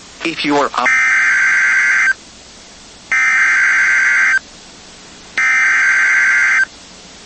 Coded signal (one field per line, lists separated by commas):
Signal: Emergency Alert System (SAME) tones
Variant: header bursts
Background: speech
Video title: NOAA Weather Radio · WXK80 Lafayette, Louisiana · EAS #6 · Severe Thunderstorm Warning · 12/28/24